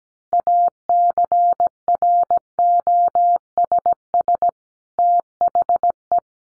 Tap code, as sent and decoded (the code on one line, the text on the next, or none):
none